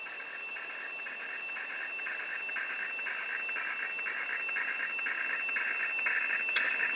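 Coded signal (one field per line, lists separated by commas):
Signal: weather fax (radiofax)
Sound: continuous scratchy warbling tone band with rhythmic ticks, plus a steady high whistle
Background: radio static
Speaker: auf 3853 kHz auf USB, Also oberes Seitenband, Upper Side Band.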